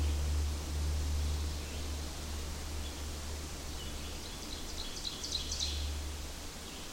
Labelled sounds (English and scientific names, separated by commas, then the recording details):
Ovenbird (Seiurus aurocapilla) song
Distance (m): 45 m
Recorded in boreal forest in Alberta, Canada, on 14 June 2016 at 07:51
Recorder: SongMeter 3, array SBT-3-33
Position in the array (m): 161 m, 186 m
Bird 46